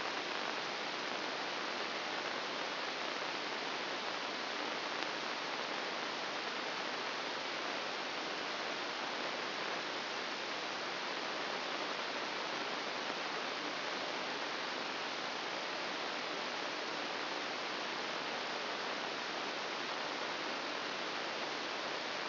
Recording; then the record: brain microelectrode recording played as sound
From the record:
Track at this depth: inside the subthalamic nucleus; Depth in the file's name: 0.808 mm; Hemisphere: right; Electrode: 2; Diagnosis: Parkinson's disease